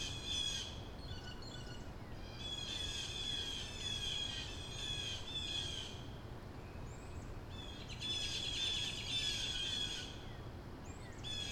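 Crow chatter in repeated bursts of fast, high, squeaky pulses separated by short pauses, with faint swooping notes in the gaps.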